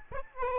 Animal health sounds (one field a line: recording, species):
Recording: mosquito wingbeat signal from an infrared sensor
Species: Aedes albopictus